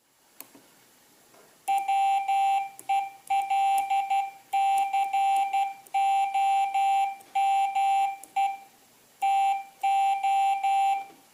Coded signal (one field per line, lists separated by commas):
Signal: Morse code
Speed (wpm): 12 wpm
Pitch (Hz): 790 Hz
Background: none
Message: WELCOME TO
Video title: OsKyr - Old-School Keyer, part 1 of 2